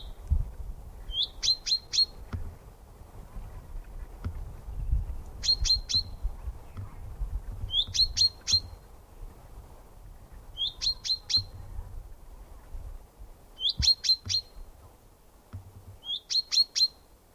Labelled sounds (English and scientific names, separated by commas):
Common Chaffinch (Fringilla coelebs)